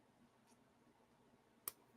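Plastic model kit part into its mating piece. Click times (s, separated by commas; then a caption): 1.7 s. A plastic part of an HG Wing Gundam Sky Zero model kit is pressed into its mating piece. After a quiet stretch, one sharp snap is heard at 1.7 seconds. The part seats in place.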